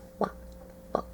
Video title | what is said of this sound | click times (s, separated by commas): Transformers Energon Cliffjumper | when you bring these down these two lock into place | 0.2 s, 0.9 s